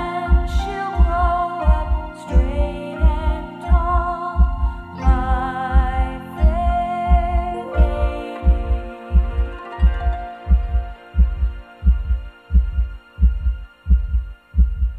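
Steady, regular low heartbeat thumps at about 88 beats a minute run throughout, under a gentle chiming lullaby melody. The beat-and-lullaby mix is meant to help a baby settle to sleep.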